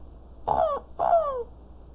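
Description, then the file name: Crow calling with two harsh, hoarse caws about half a second apart, each dropping slightly in pitch, over faint low background noise. "Cuervos"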